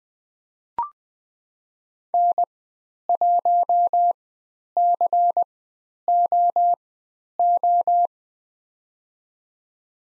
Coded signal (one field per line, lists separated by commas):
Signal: Morse code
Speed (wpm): 20 wpm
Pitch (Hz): 700 Hz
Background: none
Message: N1COO